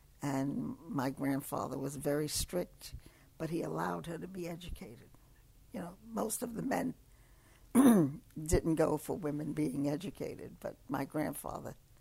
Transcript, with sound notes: and my grandfather was very strict, but he allowed her to be educated. You know, most of the men ( she clears her throat ) didn't go for women being educated, but my grandfather